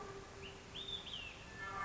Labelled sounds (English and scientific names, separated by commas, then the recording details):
Olive-sided Flycatcher (Contopus cooperi)
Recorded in Sonoma County, California